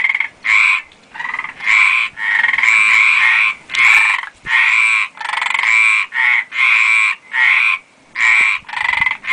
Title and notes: Frosch im Wassergraben - Gomera. Feld. Froschkonzert im Wassergraben